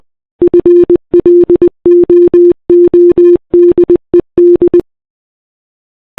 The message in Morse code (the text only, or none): FLOODED